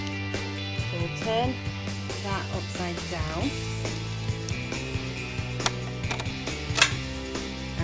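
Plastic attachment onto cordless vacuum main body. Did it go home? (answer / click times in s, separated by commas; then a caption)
yes / 6.8 s. A plastic attachment is turned upside down and popped onto the main body of a Dyson Cyclone V10 Animal cordless vacuum to make a handheld stair cleaner, while someone talks and music plays underneath. A few knocks at about 4.5 s and 5.7 s lead up to a sharp click at 6.8 s as the attachment seats in place.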